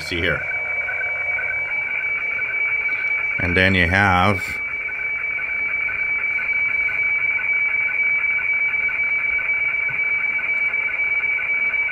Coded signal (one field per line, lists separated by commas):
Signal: weather fax (radiofax)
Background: speech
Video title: Shortwave 101 beginners series Quick intro into how weather fax decoding works